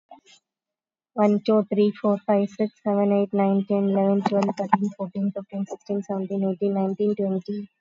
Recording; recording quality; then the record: counting at a normal pace; excellent, no background noise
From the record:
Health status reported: COVID-19 positive, mild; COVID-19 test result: positive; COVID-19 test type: RT-PCR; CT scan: taken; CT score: 0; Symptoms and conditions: fatigue, another condition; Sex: female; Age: 35 years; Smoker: no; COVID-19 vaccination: one dose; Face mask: worn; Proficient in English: yes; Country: India